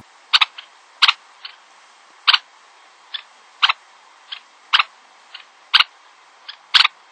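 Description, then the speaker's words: Red-necked phalarope calls: sharp, clipped kip notes, often doubled, repeated at irregular intervals of roughly a second over a steady background hiss. Small shorebirds; played as a mystery sound. "And that sound is a red-necked phalarope."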